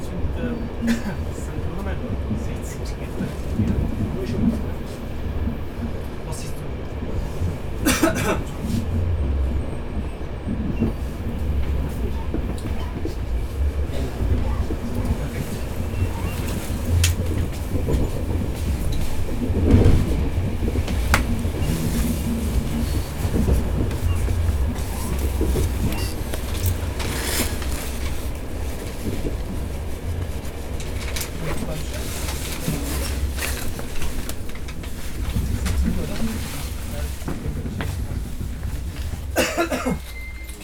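Riding inside a train through Vienna, a steady low rumble fills the carriage without pause. Voices murmur faintly throughout, and sharp clicks and clatters from the wheels or fittings break through now and then, notably around eight, twenty and twenty-seven seconds.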